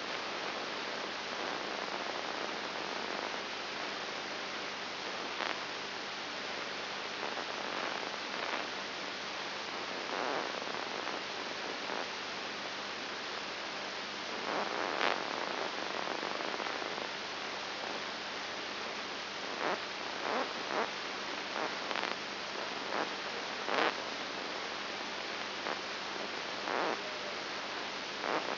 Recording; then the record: brain microelectrode recording played as sound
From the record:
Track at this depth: inside the subthalamic nucleus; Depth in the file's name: 4.901 mm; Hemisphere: left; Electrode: 3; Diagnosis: Parkinson's disease